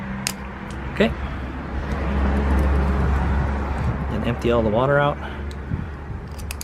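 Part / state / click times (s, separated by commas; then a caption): hose quick-connect fitting into portable shower coupling / not seated / none. A hose quick-connect fitting is handled at a portable shower's coupling while someone talks over a steady low hum, with brief sharp ticks near 0.3, 6.5 and 6.6 seconds. Nothing has seated or clicked yet; the fitting is not yet home.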